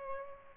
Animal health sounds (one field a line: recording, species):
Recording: mosquito wingbeat signal from an infrared sensor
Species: Aedes albopictus